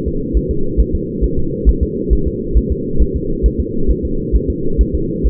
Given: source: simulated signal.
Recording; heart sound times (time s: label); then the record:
fetal heart sounds
0.08 s: S2
0.37 s: S1
0.51 s: S2
0.80 s: S1
0.95 s: S2
1.24 s: S1
1.39 s: S2
1.69 s: S1
1.83 s: S2
2.13 s: S1
2.28 s: S2
2.58 s: S1
2.72 s: S2
3.02 s: S1
3.16 s: S2
3.46 s: S1
3.60 s: S2
3.91 s: S1
4.05 s: S2
4.36 s: S1
4.50 s: S2
4.81 s: S1
4.95 s: S2
5.27 s: S1
From the record:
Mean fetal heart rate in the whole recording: 135 bpm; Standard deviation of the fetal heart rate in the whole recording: 3 bpm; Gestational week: 34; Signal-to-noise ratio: -8.1 dB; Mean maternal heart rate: 72 bpm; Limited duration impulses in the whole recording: absent